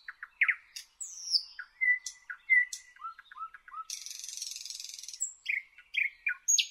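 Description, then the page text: Thrush nightingale singing: sharp clicks and downslurred whistles repeated in short series, a long dry rattle, then more piping notes. "Jelmer Poelstra - Обыкновенный соловей (Luscinia luscinia)"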